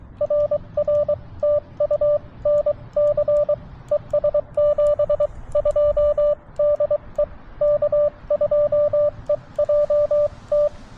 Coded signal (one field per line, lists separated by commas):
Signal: Morse code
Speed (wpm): 23 wpm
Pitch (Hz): 590 Hz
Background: radio noise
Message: RR TU NC ES 72 DE K2EJT